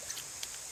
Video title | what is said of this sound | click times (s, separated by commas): Self Rescue, Lift a 500 lb Motorcycle with this Accessory | snaps in there like that. | 0.4 s